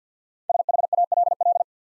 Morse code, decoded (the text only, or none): SHALL